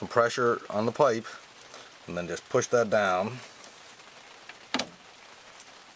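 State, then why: Seated. A refrigerant charging hose's quick coupler is pressed down onto a vehicle's low-side AC service port while the pipe is braced, as someone talks. A sharp click at 4.7 s marks the coupler seating, and it is then turned and pulled to confirm it is locked on.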